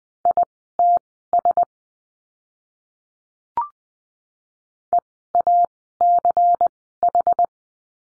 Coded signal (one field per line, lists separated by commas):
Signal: Morse code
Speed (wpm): 20 wpm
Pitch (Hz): 700 Hz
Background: none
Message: ITS EACH